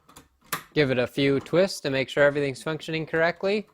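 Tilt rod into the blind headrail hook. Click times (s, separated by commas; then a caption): 0.5 s. A plastic tilt rod is pushed onto the hook of a window blind's headrail and clicks into place with a sharp hit at 0.5 s, after two faint ticks just before. Someone then talks through the rest of the clip.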